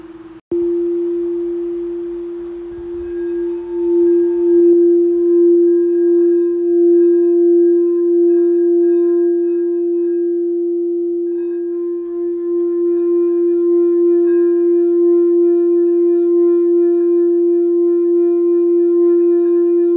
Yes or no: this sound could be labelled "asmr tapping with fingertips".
no